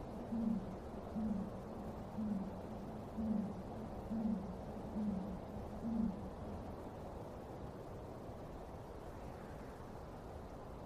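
Late at night in a cemetery, seven low owl-like hoots come about once a second, then stop, leaving a steady low rumble.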